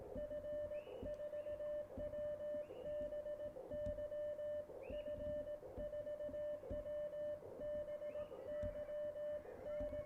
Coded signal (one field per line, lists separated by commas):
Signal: Morse code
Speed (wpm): 17 wpm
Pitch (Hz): 590 Hz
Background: music, radio noise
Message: F4WBY F4WBY N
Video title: PRC-320 & K1 Live Radio Operations, Q&A.